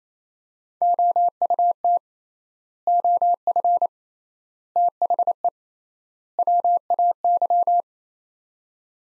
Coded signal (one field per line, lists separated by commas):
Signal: Morse code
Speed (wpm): 27 wpm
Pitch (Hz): 700 Hz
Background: none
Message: OUT OF THE WAY